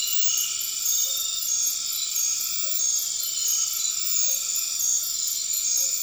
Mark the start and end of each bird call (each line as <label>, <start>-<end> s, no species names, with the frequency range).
bird call (0.4-0.8 kHz), 1.06-1.32 s
bird call (0.4-0.8 kHz), 2.63-2.91 s
bird call (0.2-1.0 kHz), 4.22-4.40 s